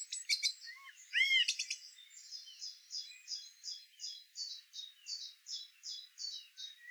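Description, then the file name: Common blackbird with a loud, rich fluty phrase at the start, followed by a steady run of quieter high ticking notes, roughly two or three each second. "Turdus merula"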